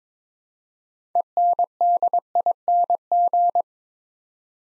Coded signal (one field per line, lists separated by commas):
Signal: Morse code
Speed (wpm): 22 wpm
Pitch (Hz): 700 Hz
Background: none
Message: ENDING